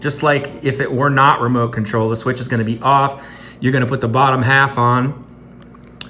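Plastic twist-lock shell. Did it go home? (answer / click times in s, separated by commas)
yes / 6.0 s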